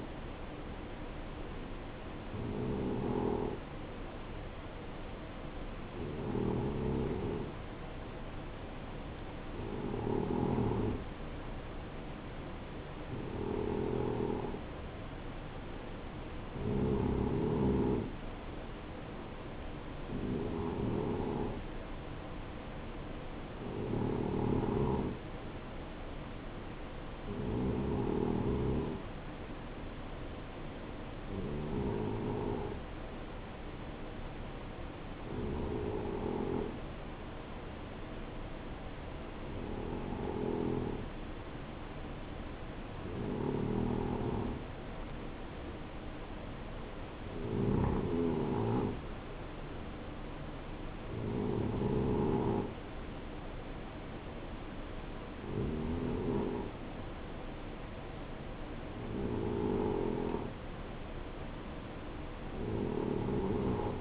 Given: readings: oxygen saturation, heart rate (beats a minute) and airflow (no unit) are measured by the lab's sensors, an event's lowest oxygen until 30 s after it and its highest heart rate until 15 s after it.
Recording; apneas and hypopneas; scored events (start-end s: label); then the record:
breathing in sleep by a voice recorder at the bedside; none
none scored
From the record:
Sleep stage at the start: N2 (light sleep); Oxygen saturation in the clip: 90 to 92%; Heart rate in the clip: 61 to 67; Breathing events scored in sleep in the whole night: 277 in 7.4 hours asleep